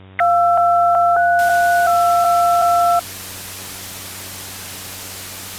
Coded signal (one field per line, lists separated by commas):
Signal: DTMF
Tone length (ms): 980 ms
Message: 232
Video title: EAS Mockup - Failed Delivery